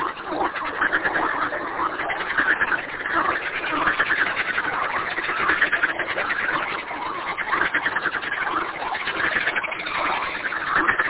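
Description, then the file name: Frogs calling in a dense chorus, many overlapping croaks and trills forming a continuous churning texture throughout, with no clear pauses. "kunstradio froesche"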